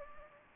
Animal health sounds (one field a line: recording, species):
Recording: mosquito wingbeat signal from an infrared sensor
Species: Anopheles gambiae